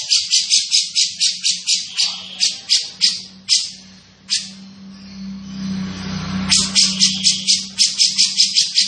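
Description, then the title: Grey-cheeked bulbul giving rapid grating notes that stop for a few seconds while a low engine-like drone swells, then resume quickly. Described as gacor, calling eagerly and often, with a dense, clear voice. "Cucak Jenggot Gacor, Suara Rapat Dan Jernih"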